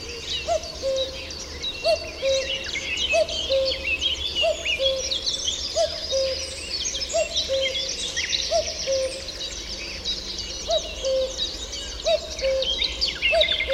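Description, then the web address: Common cuckoo repeating its falling two-note call about every 1.3 seconds, with one longer gap late on, against a dense background chorus of small birds. "chant didier collin coucou gris"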